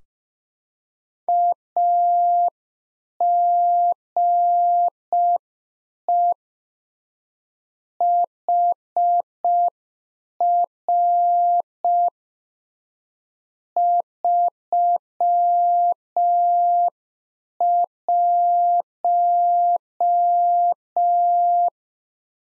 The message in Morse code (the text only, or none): AGE HR 31